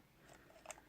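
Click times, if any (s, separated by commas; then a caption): 0.7 s. A removable plastic mains plug head is pushed onto the power adapter of an external hard drive until it clicks into place, making it solid so it won't come out. A single sharp click is heard at 0.7 s over a faint rustling background. Only one of the two clicks needed to lock it is heard here.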